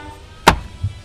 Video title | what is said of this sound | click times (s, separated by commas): How to use your Hot Tub | so you've got out a couple of pillows uh they basically just snap in place here | 0.5 s